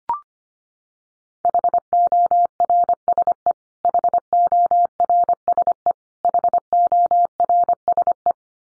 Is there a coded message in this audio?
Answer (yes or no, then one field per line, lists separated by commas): yes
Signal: Morse code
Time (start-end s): 1.4-8.3 s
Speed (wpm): 25 wpm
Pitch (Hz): 700 Hz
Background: none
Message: HORSE HORSE HORSE